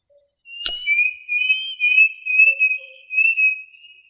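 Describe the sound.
Bird call: a sharp click, then one long high whistle that pulses in several quick swells before fading.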